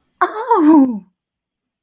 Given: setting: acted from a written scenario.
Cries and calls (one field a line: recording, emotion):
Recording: vocal sound without words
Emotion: positive surprise